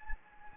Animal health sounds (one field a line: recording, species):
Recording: mosquito wingbeat signal from an infrared sensor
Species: Anopheles gambiae